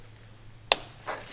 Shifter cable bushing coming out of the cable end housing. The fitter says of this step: like so heard it snap it's